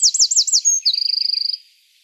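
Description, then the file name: Eurasian wren song: fast looping high notes followed by a long, rapid trill. "Troglodytes troglodytes"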